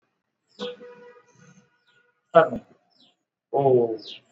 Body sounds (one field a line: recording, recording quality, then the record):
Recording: sustained vowel as in boot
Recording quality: poor, much background noise or distortion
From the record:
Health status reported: exposed to COVID-19, no respiratory illness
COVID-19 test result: not tested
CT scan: not taken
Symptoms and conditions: none ticked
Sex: male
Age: 28 years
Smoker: no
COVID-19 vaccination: both doses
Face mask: worn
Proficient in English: yes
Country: India